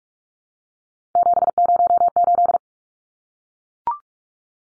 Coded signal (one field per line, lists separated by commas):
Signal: Morse code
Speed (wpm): 44 wpm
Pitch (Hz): 700 Hz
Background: none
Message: 708